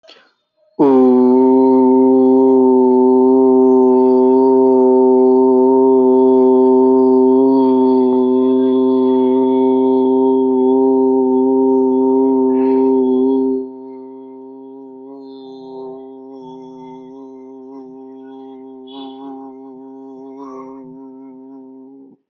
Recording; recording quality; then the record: sustained vowel as in boot; excellent, no background noise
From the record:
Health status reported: healthy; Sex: male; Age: 30 years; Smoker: yes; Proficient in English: yes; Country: India